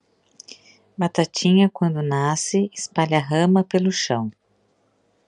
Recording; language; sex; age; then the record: short text; Brazilian Portuguese; female; 50 to 59 years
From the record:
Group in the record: control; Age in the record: 51 years